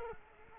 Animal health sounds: mosquito wingbeat signal from an infrared sensor; Culex quinquefasciatus

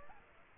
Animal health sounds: mosquito wingbeat signal from an infrared sensor; Aedes aegypti

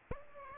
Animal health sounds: mosquito wingbeat signal from an infrared sensor; Aedes aegypti

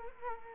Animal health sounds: mosquito wingbeat signal from an infrared sensor; Culex quinquefasciatus

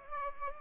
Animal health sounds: mosquito wingbeat signal from an infrared sensor; Culex pipiens

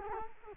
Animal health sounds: mosquito wingbeat signal from an infrared sensor; Culex quinquefasciatus

